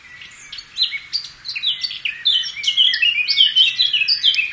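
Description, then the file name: Eurasian wren song, a fast tumbling stream of high, piercing notes and trills that grows louder and continues through to the end. "Zaunkoeniggesang"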